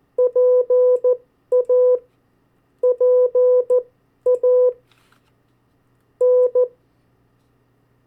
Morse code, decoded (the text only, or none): PA PA N